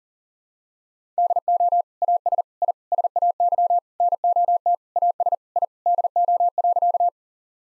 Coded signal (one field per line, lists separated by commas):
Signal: Morse code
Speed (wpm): 37 wpm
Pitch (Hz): 700 Hz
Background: none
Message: DO AS I SAY NOT AS I DO.